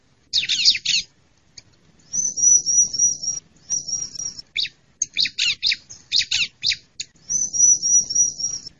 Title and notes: Suara Pikat Burcil Ribut Paling Ampuh Ngabisin Burung Liar. ciblek